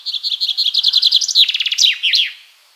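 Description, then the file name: Common chaffinch song: a quick run of repeated high notes that speeds up and drops in pitch, ending in a brief emphatic flourish. "Fringilla coelebs"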